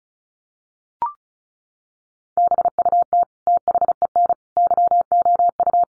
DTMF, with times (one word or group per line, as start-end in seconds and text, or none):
none